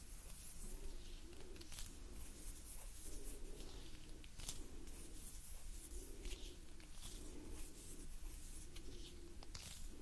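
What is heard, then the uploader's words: Gentle hand movements rustle and brush in short bright strokes, over a soft low murmur that swells and fades roughly every two seconds. Gentle Hand Sounds Movements & Breathing.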